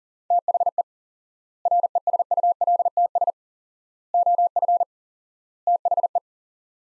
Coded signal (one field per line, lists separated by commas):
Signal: Morse code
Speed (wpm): 40 wpm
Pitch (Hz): 700 Hz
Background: none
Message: THE RESULTS OF THE